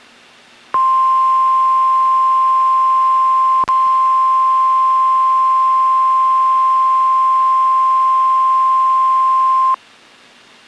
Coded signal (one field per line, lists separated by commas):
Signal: Emergency Alert System (SAME) tones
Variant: 1050 Hz attention tone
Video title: NOAA Weather Radio - Weekly EAS Test - 8/9/17